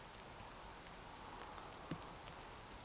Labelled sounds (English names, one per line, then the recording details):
Eurasian Woodcock whistle
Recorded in Baden-Württemberg, Germany, on 28 June 2020 at 02:31 UTC
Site 43791, 788 m above sea level